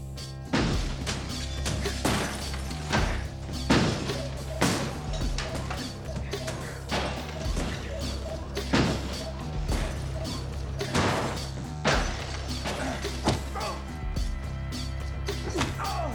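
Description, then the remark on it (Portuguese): A shop being smashed up on Tijolão's orders: loud, irregular crashes, thwacks and thuds follow one another in quick bursts over a steady musical bed for the whole stretch. “Tijolão pensou que estilhaçando a nossa loja poderia me ajudar a convencer o Mickey a lutar.”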